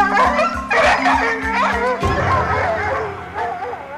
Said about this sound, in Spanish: Compañeros, los perros no dejarán de ladrar.